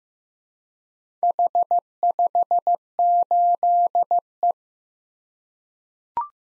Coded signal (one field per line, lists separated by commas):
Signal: Morse code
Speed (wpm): 15 wpm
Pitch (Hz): 700 Hz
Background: none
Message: H58E